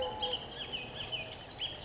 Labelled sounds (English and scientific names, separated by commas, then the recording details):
Bullock's Oriole (Icterus bullockii)
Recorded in Sonoma County, California